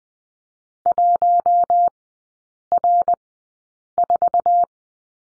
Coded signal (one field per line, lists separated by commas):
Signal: Morse code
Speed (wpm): 20 wpm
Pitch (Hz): 700 Hz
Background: none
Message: 1R4